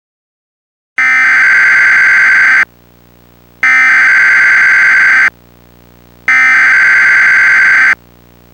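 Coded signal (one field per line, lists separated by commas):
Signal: Emergency Alert System (SAME) tones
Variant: header bursts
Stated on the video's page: Fictional EAS mock for an invented 2001 hurricane's flash flooding.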